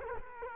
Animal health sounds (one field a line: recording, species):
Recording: mosquito wingbeat signal from an infrared sensor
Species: Culex quinquefasciatus